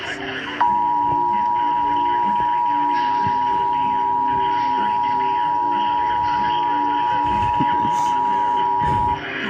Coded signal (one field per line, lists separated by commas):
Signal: Emergency Alert System (SAME) tones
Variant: 853 and 960 Hz attention tone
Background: speech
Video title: Severe Thunderstorm Warning EAS #67